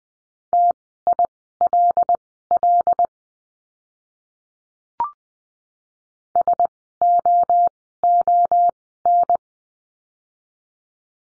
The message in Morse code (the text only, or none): TILL SOON